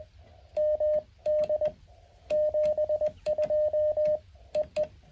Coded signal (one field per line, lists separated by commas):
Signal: Morse code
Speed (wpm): 20 wpm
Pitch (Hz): 610 Hz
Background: radio noise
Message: MD 72 EE